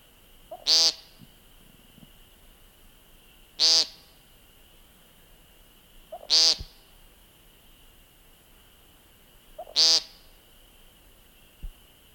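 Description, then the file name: American Woodcock giving nasal, buzzy peent calls, four in all, roughly every three seconds, over a steady high hum. "Scolopax minor - American Woodcock"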